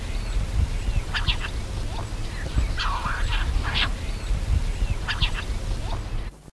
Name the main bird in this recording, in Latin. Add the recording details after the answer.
Botaurus stellaris. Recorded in the wild. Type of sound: call. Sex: diverse. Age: immature. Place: Wunstorf, OT Großenheidorn, Niedersachsen, DE. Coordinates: 52.4575, 9.3987. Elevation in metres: 43. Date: 1973-06-27. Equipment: Halbspur, 9,5 cm/s. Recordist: Lütgens, Hans. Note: Junge Rohrdommeln werden vermutlich gefüttert, außerhalb des Nests